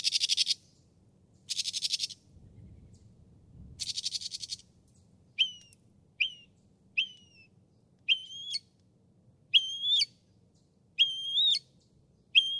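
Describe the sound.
Northern mockingbird song: three loud harsh rasping bursts, then a series of clear whistled notes repeated roughly every second or so.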